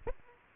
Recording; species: mosquito wingbeat signal from an infrared sensor; Aedes aegypti